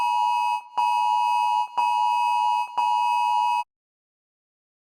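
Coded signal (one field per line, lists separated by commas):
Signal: Emergency Alert System (SAME) tones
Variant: 853 and 960 Hz attention tone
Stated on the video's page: Fictional zombie EAS scenario with loud, scary tones; not a real alert.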